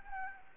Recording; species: mosquito wingbeat signal from an infrared sensor; Anopheles arabiensis